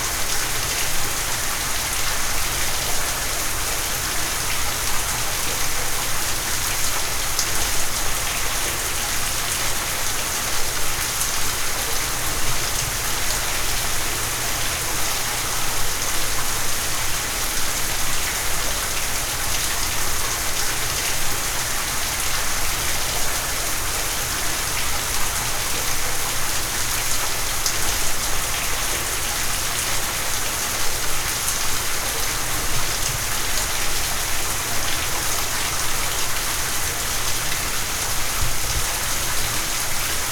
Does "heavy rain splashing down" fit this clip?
yes